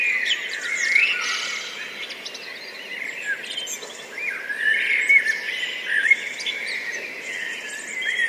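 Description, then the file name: Blackbirds singing in a dense overlapping chorus of warbled, fluty phrases, with scattered higher chirps. Several blackbirds, recorded 10 June 2014, high-pass filtered. "140610-0329 blackbirds"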